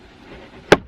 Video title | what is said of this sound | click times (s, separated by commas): Toyota Tundra Driver's Side Grab Handle Install | loosen it up there you heard it pop out and kind of pay attention to the way it goes | 0.7 s